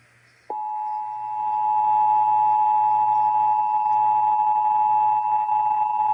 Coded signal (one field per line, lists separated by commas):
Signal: Emergency Alert System (SAME) tones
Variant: 853 and 960 Hz attention tone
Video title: (EAS #959-965) November 2025 Texas Required Monthly Test